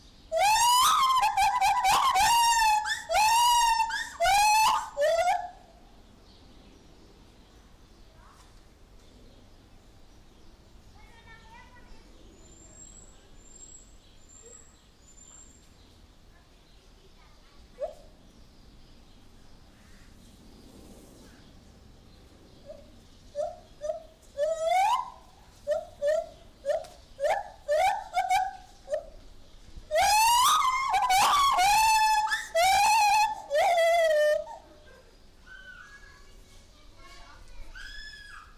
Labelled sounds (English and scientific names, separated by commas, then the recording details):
Lar Gibbon (Hylobates lar)
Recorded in captivity
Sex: male
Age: adult
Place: Zoo Berlin, Berlin, DE
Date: 1998-06-20 10:10
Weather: wolkig - heiter, 18°C
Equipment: Sony MD-WM MZ-R3, Sennheiser ME 80, Kopie Uher 4000 Report Monitor
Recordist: Tembrock, Günter